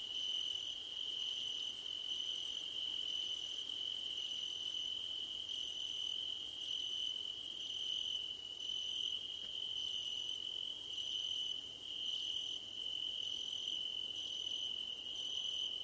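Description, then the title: Cricket chorus: an even high trill carries on beneath repeated bursts of fast, very high chirping, broken by short gaps, with faint dashes of a mid-high tone. Crickets at night under a starlit sky; described as a gentle hum. "Nighttime Ambience with Crickets"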